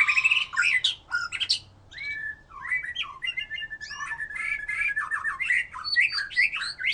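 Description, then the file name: White-rumped shama delivering rich, continuous song: a long steady trill, fluty whistles and rapid mixed warbling throughout. "murai batu"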